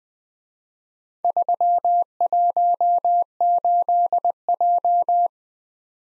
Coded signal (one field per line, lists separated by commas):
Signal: Morse code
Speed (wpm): 19 wpm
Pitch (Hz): 700 Hz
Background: none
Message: 318J